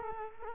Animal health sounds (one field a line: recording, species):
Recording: mosquito wingbeat signal from an infrared sensor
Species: Culex quinquefasciatus